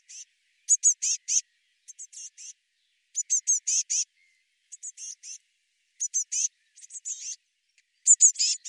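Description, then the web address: Eurasian blue tit calling in short, high-pitched, scratchy bursts of several quick notes, separated by short pauses. "cianscape birddata Deverinetal 2025 File cleaned normalized Bird Cy Ca"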